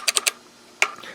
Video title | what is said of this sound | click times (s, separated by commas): My Competition 3 Gun Belt Setup (Black Scorpion Gear) | flips down locks into place so this is where i ran into a | 0.8 s